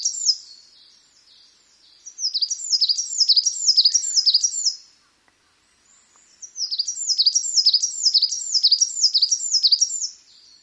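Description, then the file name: Coal tit song of thin, high see-saw notes repeated quickly in two long runs with a silent gap between them. "higara"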